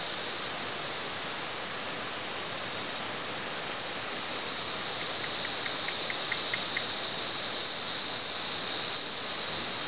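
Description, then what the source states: Cicada buzzing song, a steady high shrill drone that grows louder about halfway through, with faint soft ticks partway along. At San Ramon.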